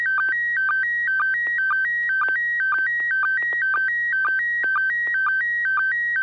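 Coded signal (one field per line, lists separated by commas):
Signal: SSTV (slow-scan television)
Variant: PD120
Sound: repeating two-pitch warbling tone with short low chirps about twice a second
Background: low hum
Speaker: this is going to be pd-120 and 6pg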